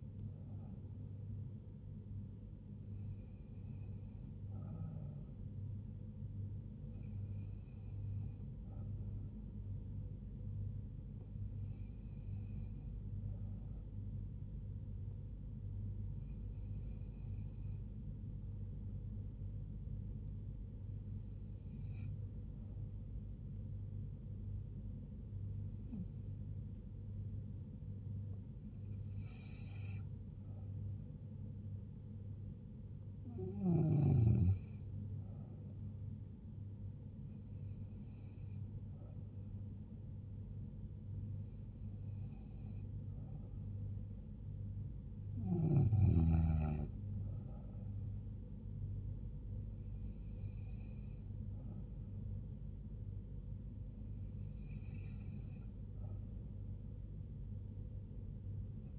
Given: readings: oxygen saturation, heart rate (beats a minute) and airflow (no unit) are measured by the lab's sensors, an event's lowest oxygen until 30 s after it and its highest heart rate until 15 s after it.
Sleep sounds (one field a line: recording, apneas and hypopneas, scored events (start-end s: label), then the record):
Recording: breathing in sleep by a smartphone at the bedside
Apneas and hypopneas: none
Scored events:
2.00-32.00 s: new sleep stage, N1 (lightest sleep)
32.00-58.99 s: new sleep stage, N2 (light sleep)
From the record:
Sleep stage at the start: N2 (light sleep)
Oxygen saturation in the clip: 92 to 94%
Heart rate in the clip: 71 to 78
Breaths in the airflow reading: 13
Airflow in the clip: -3.2 to 2.9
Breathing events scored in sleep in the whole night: 158 in 7.3 hours asleep